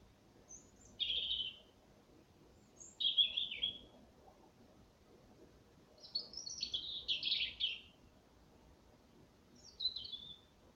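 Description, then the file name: European robin song: four short, high phrases of thin, sliding notes and quick warbles, each set apart by a pause. "Erithacus rubecula"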